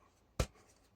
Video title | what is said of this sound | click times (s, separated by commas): parti final réparation visseuse à choc Parkside performance avec carte Aliexpress | ça s'emboîte. | 0.4 s